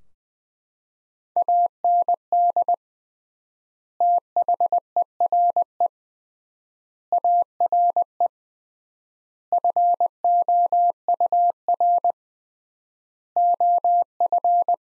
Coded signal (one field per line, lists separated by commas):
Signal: Morse code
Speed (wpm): 21 wpm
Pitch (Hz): 700 Hz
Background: none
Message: AND THERE ARE FOUR OF